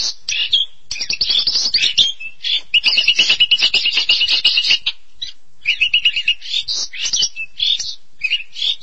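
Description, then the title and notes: Starling song in bursts of fast chattering and rattling notes mixed with squeaky whistles, broken by brief pauses. "suara burung jalak"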